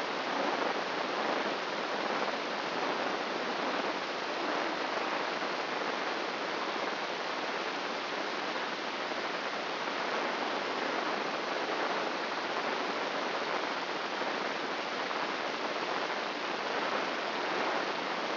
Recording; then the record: brain microelectrode recording played as sound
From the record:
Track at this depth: outside the subthalamic nucleus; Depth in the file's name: 8.628 mm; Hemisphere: left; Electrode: 3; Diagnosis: Parkinson's disease